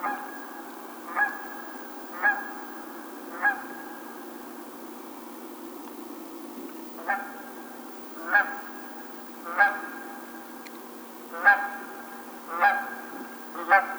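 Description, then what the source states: Canada goose giving a series of short nasal honks, roughly one every 1.2 seconds with a longer pause near the middle, against a constant low rumble. Recorded 20 March 2007.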